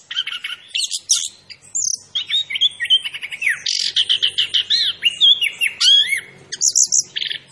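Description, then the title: Orange-headed thrush song: a fast, varied run of high whistles, slurred rising and falling notes and buzzy trills, delivered in quick bursts without pause. Indonesian name anis kembang; described as gacor, meaning actively singing; bird referred to as Macan B2. "Anis Kembang Gacor. Suara Anis Kembang Macan B2"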